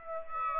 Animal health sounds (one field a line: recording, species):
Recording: mosquito wingbeat signal from an infrared sensor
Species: Aedes aegypti